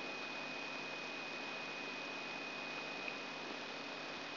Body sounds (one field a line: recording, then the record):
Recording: brain microelectrode recording played as sound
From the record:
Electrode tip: outside the subthalamic nucleus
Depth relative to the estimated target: 3 mm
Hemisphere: left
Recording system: AlphaMap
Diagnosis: Parkinson's disease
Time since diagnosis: 6 years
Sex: female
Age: 40 years